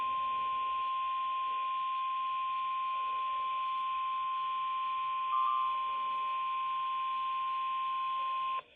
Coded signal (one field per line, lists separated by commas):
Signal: Emergency Alert System (SAME) tones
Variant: 853 and 960 Hz attention tone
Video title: (EAS #2,017 - #2,023) WAIT, THERE'S MORE?!?! - EAS Alerts from 10/30/24